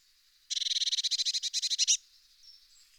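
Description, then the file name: Eurasian blue tit song: a single rapid trill of many even pulses lasting about one and a half seconds, followed by faint high notes. "pimpelmees"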